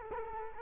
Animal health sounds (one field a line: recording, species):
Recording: mosquito wingbeat signal from an infrared sensor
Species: Culex quinquefasciatus